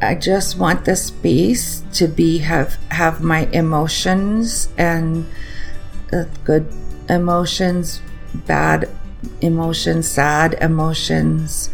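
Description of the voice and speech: A woman with aphasia after a stroke speaks slowly, stretching several sounds, pausing briefly and repeating a list of words, with one ungrammatical phrase: 'the space to be have my emotions.' Her words glitch in speech and in writing; these word-finding and sentence-building slips are aphasia, which disrupts language output.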